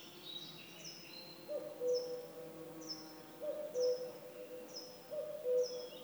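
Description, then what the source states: Bird song, three long steady whistled notes about 1.7 seconds apart, while high thin downslurred notes repeat roughly every second, over a soft hissing background. Woodland song.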